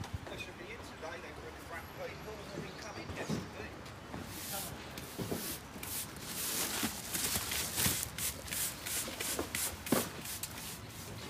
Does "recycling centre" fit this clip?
yes